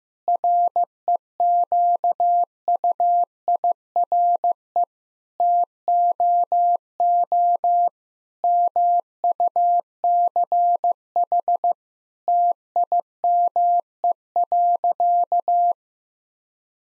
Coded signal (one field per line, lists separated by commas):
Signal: Morse code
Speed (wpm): 15 wpm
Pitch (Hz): 700 Hz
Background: none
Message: REQUIRE TOO MUCH TIME.